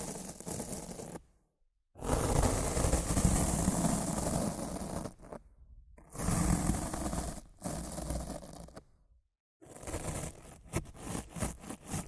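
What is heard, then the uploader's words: Rough mic scratching and brushing in coarse rasping bursts, broken by several dead-silent gaps, ending in quicker, choppier scrapes. Rough Mic Scratching & Brushing (No Talking).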